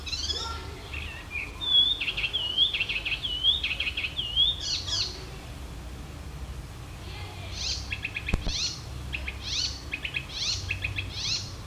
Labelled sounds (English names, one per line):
Icterine Warbler song